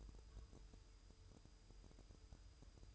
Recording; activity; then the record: daily activity, microphone in the room; take from stove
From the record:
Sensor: 2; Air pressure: 988.2 hPa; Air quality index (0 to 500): 190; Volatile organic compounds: 181 ppm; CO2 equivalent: 4146 ppm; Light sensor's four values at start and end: 21/71/28/27 and 21/71/28/27